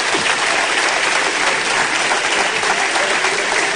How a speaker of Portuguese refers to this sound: Ô, oh, não aplaude isso não, maluco. Vocês estão me tirando, cara.